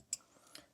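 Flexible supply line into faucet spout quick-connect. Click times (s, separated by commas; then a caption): 0.1 s. A flexible spout supply line is pushed up onto the faucet spout's quick-connect fitting and clicks into place at 0.1 s, confirming it is seated on. A fainter second tick follows at 0.6 s.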